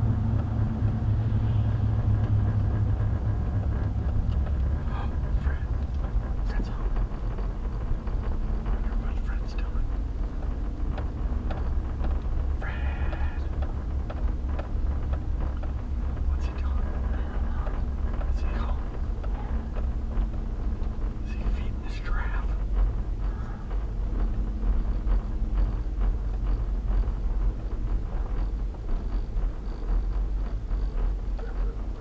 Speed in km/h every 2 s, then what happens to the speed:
35, 29, 21, 18, 19, 21, 23, 23, 21, 21, 18, 18, 18, 18, 16, 15.
0-6 slows to 18.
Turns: 3-8.